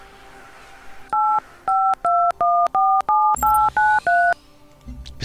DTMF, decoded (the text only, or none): 852147893